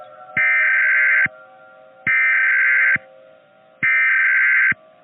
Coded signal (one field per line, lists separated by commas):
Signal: Emergency Alert System (SAME) tones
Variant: header bursts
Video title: The Stars - An EAS Scenario